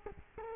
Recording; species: mosquito wingbeat signal from an infrared sensor; Culex quinquefasciatus